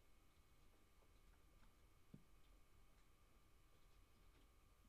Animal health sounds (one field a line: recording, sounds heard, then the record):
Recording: poultry house recording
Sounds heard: no chicken sound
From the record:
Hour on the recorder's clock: 23